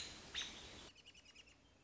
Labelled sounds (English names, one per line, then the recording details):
American Robin
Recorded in Sonoma County, California